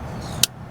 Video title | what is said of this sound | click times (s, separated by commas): Jetta Leaks oil. Taurus Engine help. Altima Fuel Pump. Civic No start? DAY on Flat Rate 909 | Hear that click? That's the sound of victory. | 0.4 s